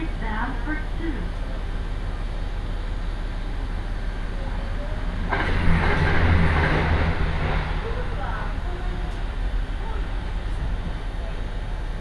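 Steady low rumble of a one-car rail bus underway, with passengers chatting throughout and a louder surge of engine and voices around six to eight seconds.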